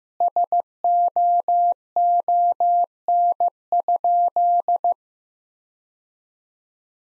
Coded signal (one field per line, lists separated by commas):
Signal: Morse code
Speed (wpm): 15 wpm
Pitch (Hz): 700 Hz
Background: none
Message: SOON?